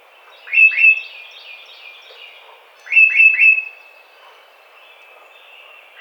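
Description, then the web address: Tufted titmouse giving clear whistled song phrases, a quick pair of down-slurred notes and then three, about two and a half seconds apart over a quiet background. Recorded on 30 April 2009. "Tufted Titmouse 2009 04 30"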